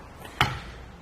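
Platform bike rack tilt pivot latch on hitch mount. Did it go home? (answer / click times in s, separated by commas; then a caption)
yes / 0.4 s. A loaded Kuat Transfer V2 two-bike platform rack on the hitch mount of a 2018 Toyota Highlander is tilted back up from its tilted-away position. Its metal pivot latch locks into place with a single sharp clunk at 0.4 s, followed by a brief low ring. The rack latches upright easily.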